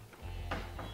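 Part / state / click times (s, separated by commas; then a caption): PCIe power cable plug into graphics card power socket / not seated / none. A second PCIe power cable plug is handled at the other power socket of an AMD Sapphire Radeon Nitro+ RX 5700 XT 8GB OC graphics card, over a steady low hum. Two short handling knocks are heard at about 0.5 s and 0.8 s. Nothing has seated or clicked yet.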